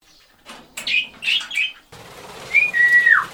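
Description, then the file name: Budgerigar chirping: a few short bright chirps in quick succession, then a longer clear whistled note that slides downward in pitch near the end. Captive budgerigars in a private collection of nearly 100 birds kept by 65-year-old Manuel Ferreira, who talks and whistles to them while feeding them and is sure they understand him. "coleccionador de periquitos reportagem de liliana carona"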